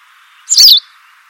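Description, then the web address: White wagtail call: a single sharp, high two-part chirp lasting about a third of a second, over a steady low hiss of background noise. "cianscape birddata Deverinetal 2025"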